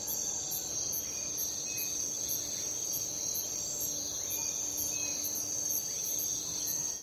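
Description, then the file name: Crickets chirping, continuous high-pitched trilling with regular pulsed beats, plus faint sliding bird notes lower down. Night crickets, with birds also present. "night crickets and birds"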